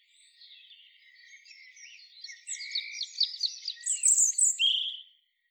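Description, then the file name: European robin singing a soft, high phrase that starts faint and swells into louder rapid trilled notes before stopping. "Erithacus rubecula"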